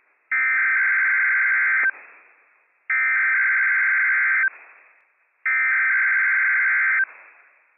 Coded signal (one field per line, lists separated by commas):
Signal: Emergency Alert System (SAME) tones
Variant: header bursts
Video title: WWF56 Required Weekly Test from NWS Pendleton, Oregon - WWF56 - EAS #287 - 10:47 AM PDT 10/19/22